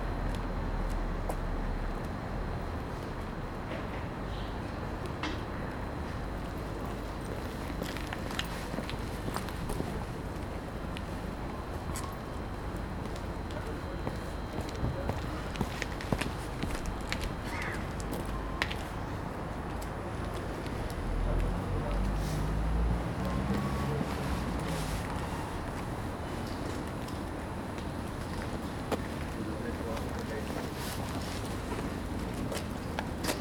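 Steady murmur of commuters' voices fills a train station platform, with a low rumble throughout, scattered clicks and footsteps, and occasional louder bumps.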